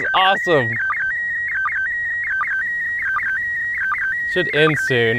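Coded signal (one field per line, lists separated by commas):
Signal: SSTV (slow-scan television)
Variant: PD 180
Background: speech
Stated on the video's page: SSTV images received from the ISS during the April 2016 event, with one failed pass and one successful pass.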